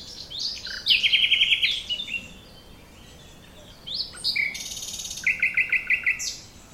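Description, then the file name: Common nightingale song with clipped rattling trills, a buzzy high phrase and sweeping chirps, separated by a brief quiet gap. "Luscinia megarhynchos"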